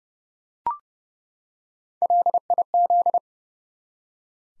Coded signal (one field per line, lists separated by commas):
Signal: Morse code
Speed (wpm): 30 wpm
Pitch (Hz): 700 Hz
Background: none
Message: LIZ